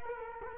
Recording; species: mosquito wingbeat signal from an infrared sensor; Culex quinquefasciatus